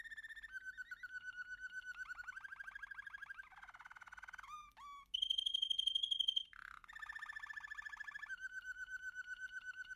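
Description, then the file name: American canary song: rapid pulsed trills linked in sequence, with a buzzy low section, short upward notes, a high piercing trill, then more rolling trills. "canto do canario americano"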